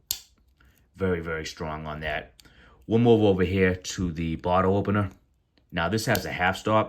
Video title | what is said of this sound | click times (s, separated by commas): VICTORINOX FARMER ALOX.. FANTASTIC SAK!! | You can hear the snap. | 0.1 s